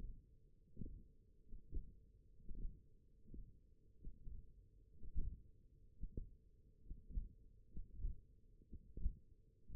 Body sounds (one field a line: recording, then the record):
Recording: forearm muscle sounds (acoustic myography)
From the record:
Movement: tripod grip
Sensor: system 1, eight BSWA MPA416 microphones around the upper forearm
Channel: 4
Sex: male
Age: 21 years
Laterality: right